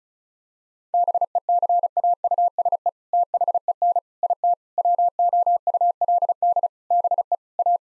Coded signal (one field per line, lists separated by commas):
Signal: Morse code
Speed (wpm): 34 wpm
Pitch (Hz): 700 Hz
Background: none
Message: BECAUSE THEN IT WOULD BE A